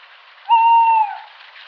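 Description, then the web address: Tawny owl hoot, a single pure held note that ends with a slight downward slur, set against light background hiss. "strix aluco call"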